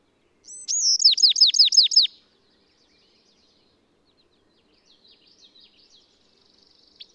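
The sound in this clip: Bird song: a brief, high phrase of quick downslurred notes, followed after a pause by soft, scattered twittering.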